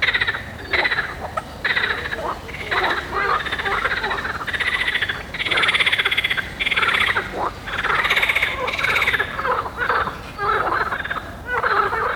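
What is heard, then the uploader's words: Frogs in a bog call in dense, overlapping bursts of bright, raspy croaking, swelling and pausing every second or two throughout, with low murmur beneath. Frog Bog.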